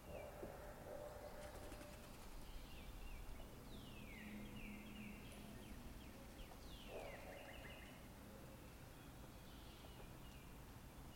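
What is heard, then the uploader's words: Birds sing in a forest over a steady, dense rustling hiss. Bright descending chirps and trills come in bursts around four to five seconds and again near seven, with a few lower cooing notes between. Faint calls continue throughout. The peaceful sound of birds in the forest.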